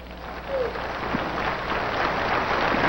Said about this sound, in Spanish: Le doy un aplauso al Señor.